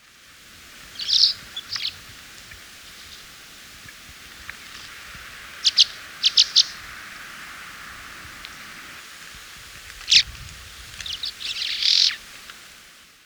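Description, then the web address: Brown-bellied swallow uttering scattered sharp chirps and a brief buzzy twitter near the end, over a steady background hiss. Recorded in Ecuador. "S America Birds of Ecuador. Brown-Bellied Swallow"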